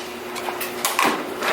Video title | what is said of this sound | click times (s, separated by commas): 2018 Tacoma Side Mirror Switchback LED's | and snap it like so and there you go | 0.9 s, 1.0 s